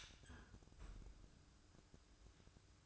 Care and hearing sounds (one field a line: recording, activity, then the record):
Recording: daily activity, microphone in the room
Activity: close fridge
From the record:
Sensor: 2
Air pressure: 1007.6 hPa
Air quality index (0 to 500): 56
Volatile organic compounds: 1 ppm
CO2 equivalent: 584 ppm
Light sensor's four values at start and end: 9/22/9/9 and 9/22/9/10